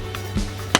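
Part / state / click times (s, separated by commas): seat tilt lever in car seat frame / released / 0.8 s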